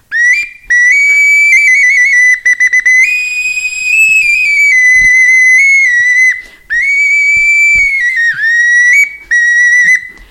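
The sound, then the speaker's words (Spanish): A small, simple, cracked ocarina plays alone: a loud, shrill whistling tone held in long notes that step up and down in pitch, with a few brief breaks and wavering slides between them. “Yo aquí estoy cargando una ocarina muy sencilla que ya se quebró.”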